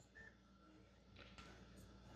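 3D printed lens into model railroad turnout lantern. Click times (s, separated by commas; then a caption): 1.4 s. A tight-fitting 3D printed plastic colored lens, made tight so it won't fall out, is wiggled and pushed into the lantern housing of a vintage American Flyer model train turnout. Faint scraping and handling noise leads to a sharp pop at 1.4 s as the lens seats in place.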